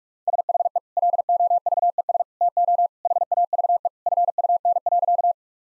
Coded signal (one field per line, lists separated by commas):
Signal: Morse code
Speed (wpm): 46 wpm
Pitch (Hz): 700 Hz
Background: none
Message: SHE LOVES TO HAVE FUN.